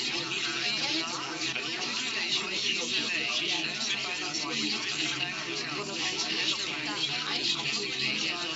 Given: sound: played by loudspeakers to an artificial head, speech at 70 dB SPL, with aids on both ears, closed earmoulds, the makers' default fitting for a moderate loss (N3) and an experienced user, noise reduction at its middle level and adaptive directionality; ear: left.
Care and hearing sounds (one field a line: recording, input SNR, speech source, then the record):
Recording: speech test signal (ISTS) in cocktail-party noise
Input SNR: -6 dB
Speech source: on the right (90 degrees)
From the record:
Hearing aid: class 1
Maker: A